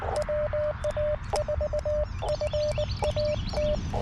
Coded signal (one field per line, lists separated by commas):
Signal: Morse code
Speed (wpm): 20 wpm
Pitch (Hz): 600 Hz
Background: none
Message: WA4FAT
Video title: QRP CW POTA Activation with FT-817ND & Chelegance MC-750 (K-4451)